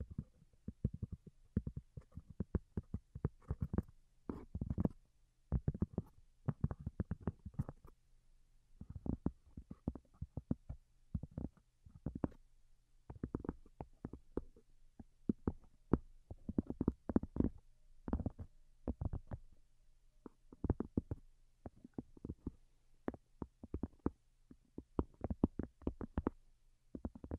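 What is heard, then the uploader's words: Soft tapping arrives in quick irregular bursts, with short clusters of taps separated by brief pauses. The taps sound dull and low, with a little crisp click on top, and a faint steady hum sits underneath throughout. Most Delicate and Calming Tapping.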